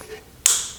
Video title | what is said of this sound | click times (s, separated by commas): P0405 Code EGR Valve Replacement Gm 3.4L V6 | once you hear it snap into place this project is complete | 0.5 s